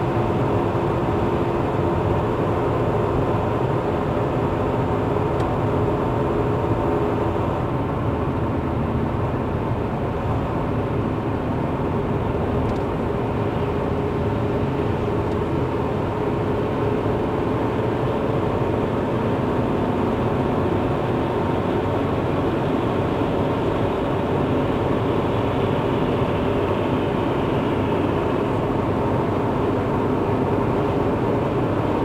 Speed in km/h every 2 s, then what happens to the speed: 91, 90, 89, 88, 84, 84, 86, 89, 92, 95, 98, 100, 101, 102, 104, 106.
0-10 slows to 84. 10-32 speeds up to 106.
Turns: none.